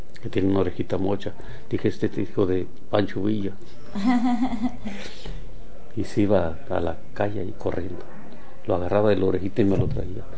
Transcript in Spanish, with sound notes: que tenía una orejita mocha, dije: “Este es hijo de Pancho Villa”. (risas) Y se iba a la calle allí corriendo. Lo agarraba de la orejita y me lo traía.